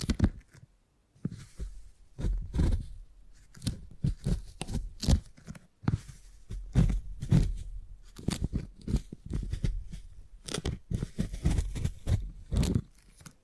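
Handling beeswax makes a dense run of short crinkling, crackling and sticky tearing sounds, with sharp clicks and snaps at an irregular pace throughout. Soft low thumps sit beneath the bright crackles, and brief quiet gaps appear near the start and around six seconds.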